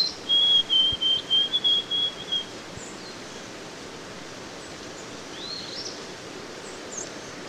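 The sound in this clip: White-throated sparrow song: a run of clear, level whistled notes on one high pitch, delivered in quick pulses over about two seconds, then quiet background hiss.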